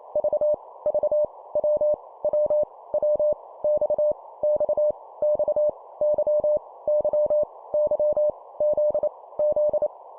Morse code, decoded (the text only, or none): V V W W W X X X Y Y Y Z Z